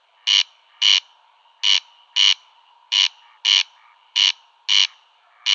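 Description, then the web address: Corn crake rasping display call, insistent two-note bursts repeated roughly every second and a quarter, with a faint hum between them. "Schulze Peter Corn Crake display"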